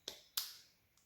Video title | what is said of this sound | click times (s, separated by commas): Porsche Macan/Cayenne PCM3.1 Carplay/Android Auto Installation | So that's just clicked in. | 0.4 s